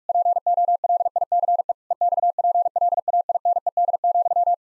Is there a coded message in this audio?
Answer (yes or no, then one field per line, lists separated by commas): yes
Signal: Morse code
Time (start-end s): 0.1-4.5 s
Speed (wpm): 41 wpm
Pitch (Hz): 700 Hz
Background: none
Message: POLICE EXPLAINED,